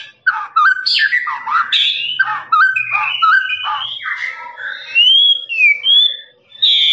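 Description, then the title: Lovebird song of scratchy chattering notes that shift into clearer whistled slides near the end, continuous with brief gaps. Long trilling ngekek song of a lovebird, used as a master recording for training birds. "FULL DURASI MASTERAN LOVEBIRD NGEKEK PANJANG"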